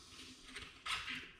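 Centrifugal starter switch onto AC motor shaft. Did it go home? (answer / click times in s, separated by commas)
no / none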